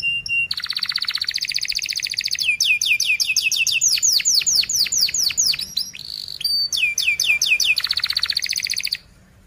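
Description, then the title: Canary in full song: buzzy trills, then long runs of rapid falling whistled notes, another buzzing rattle, and an abrupt stop at the end. Fast, dense, actively singing canary with 'cuit cuit' and rolling phrases, used as a lure song for young canaries learning to sing. "Kenari Gacor Speed RAPAT Cuit Cuit Ngero L Suara Bagus Untuk Pancingan Kenari Paud Belajar Bunyi"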